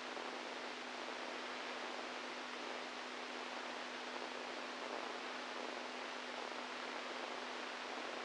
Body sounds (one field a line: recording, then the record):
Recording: brain microelectrode recording played as sound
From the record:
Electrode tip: inside the subthalamic nucleus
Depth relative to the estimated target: 1 mm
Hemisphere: right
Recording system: NeuroSet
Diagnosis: Parkinson's disease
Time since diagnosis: 10 years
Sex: male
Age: 65 years